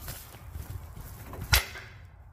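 A diesel fuel injector on a 2003–2007 5.9 Cummins is pushed down by hand into its bore in the cylinder head, pressed through a rag to protect against the solenoid. After low rustling and a faint tap at 1.3 seconds, a sharp snap at 1.5 seconds marks the injector seating into place.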